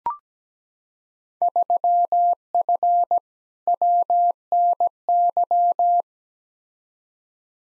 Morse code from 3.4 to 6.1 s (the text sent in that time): WNY